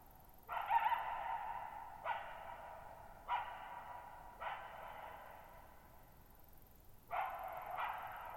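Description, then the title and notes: Coyote giving a series of about six abrupt barks, with long echoing tails between them. Lone wild coyote calling at night, July 14, 2019, in high mountain meadows at 1950 m, Okanogan National Forest, Pacific Northwest; very quiet, strongly reverberant bowl-shaped meadow over boggy ground. "Lone Coyote at Thirtymile Meadows. I spent the night of July 14, 2019, camped near Thirtymile Meadows in the Okanogan National Forest at 6400 ft (1950 m)"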